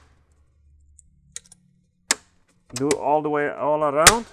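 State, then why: Seated. The top plastic shell of an Xbox One S is pressed down at the corners onto the lower shell, and its plastic retaining clips snap in with sharp clicks at about 1.4 s and 2.1 s, with fainter ticks around them. After that, someone talks. The shell is seated and clipped home.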